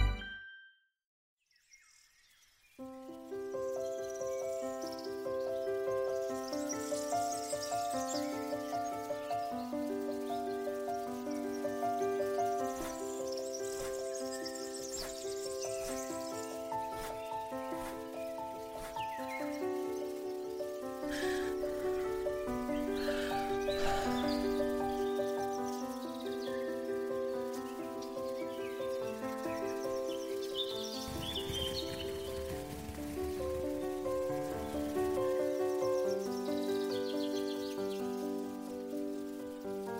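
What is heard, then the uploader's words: Morning garden ambience: after two quiet seconds, layered sustained tones shift steadily in pitch throughout, with bright bird-like chirps flickering overhead. Morning garden asmr ambience. Nature sounds birds/water flowing. Baroque classical music.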